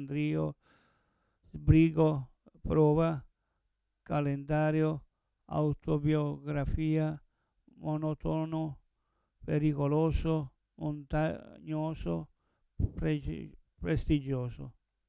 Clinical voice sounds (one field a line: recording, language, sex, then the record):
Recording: read list of words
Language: Italian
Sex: male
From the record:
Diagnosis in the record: Parkinson's disease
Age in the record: 70 years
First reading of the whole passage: 112 s, 4.6 characters per second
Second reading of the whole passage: 107 s, 4.9 characters per second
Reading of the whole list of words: 68 s, 4.1 characters per second